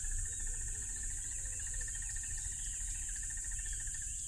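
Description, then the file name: Crickets in a loud, steady high-pitched trill that never pauses, over a pulsing lower insect buzz and a low rumble. Loud crickets by a tropical river. "smartsound ATMO NATURE Tropical River Loud Crickets"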